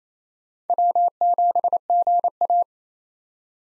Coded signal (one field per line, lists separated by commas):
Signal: Morse code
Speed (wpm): 28 wpm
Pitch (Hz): 700 Hz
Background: none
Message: W7GA